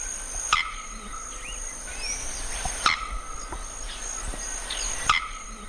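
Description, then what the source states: Bearded Bellbird cracks: three abrupt, sharp snapping notes about two seconds apart over a steady high insect drone and faint background calls. Male's sharp, shockingly loud crack, sung hidden in the canopy of tropical forest in Trinidad; males cannot see each other but hear each other, songs carrying over long distances.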